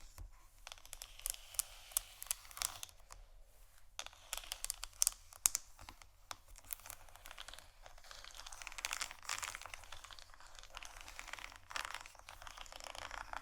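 Scratching and tapping on canisters, a dense run of quick, bright scrapes and crisp clicks that goes on almost without pause. A few sharper taps stand out around five seconds, and the scratching thickens and grows louder after eight seconds. A faint low hum sits underneath.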